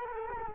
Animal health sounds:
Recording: mosquito wingbeat signal from an infrared sensor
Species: Culex quinquefasciatus

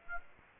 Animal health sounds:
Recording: mosquito wingbeat signal from an infrared sensor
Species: Aedes aegypti

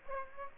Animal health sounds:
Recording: mosquito wingbeat signal from an infrared sensor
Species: Aedes aegypti

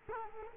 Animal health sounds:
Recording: mosquito wingbeat signal from an infrared sensor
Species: Culex quinquefasciatus

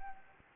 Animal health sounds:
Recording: mosquito wingbeat signal from an infrared sensor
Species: Anopheles arabiensis

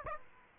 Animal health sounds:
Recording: mosquito wingbeat signal from an infrared sensor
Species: Aedes aegypti

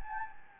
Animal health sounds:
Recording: mosquito wingbeat signal from an infrared sensor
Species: Anopheles gambiae

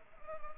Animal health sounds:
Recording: mosquito wingbeat signal from an infrared sensor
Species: Anopheles arabiensis

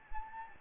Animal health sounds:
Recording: mosquito wingbeat signal from an infrared sensor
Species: Anopheles gambiae

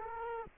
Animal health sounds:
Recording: mosquito wingbeat signal from an infrared sensor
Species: Culex quinquefasciatus

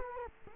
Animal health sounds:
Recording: mosquito wingbeat signal from an infrared sensor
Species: Culex quinquefasciatus

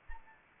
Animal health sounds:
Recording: mosquito wingbeat signal from an infrared sensor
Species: Anopheles arabiensis

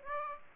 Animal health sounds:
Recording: mosquito wingbeat signal from an infrared sensor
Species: Aedes aegypti

